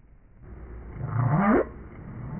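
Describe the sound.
Whale call: one low moaning upsweep that rises steadily for about half a second and then stops abruptly, set against a steady low rumbling hiss.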